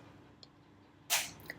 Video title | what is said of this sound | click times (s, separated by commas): Foolproof ZAGG XTR5 Screen Protector Installer + Rainier, Crystal Palace & More iPhone 17 Pro Cases! | So snap one, then snap the other side, and then snap, snap, snap | 0.4 s, 1.5 s